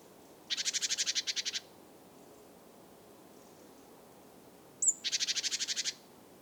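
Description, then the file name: Great tit churring calls, two dry, rapid rattling bursts of about a second each, separated by a few seconds of quiet. "Parus major"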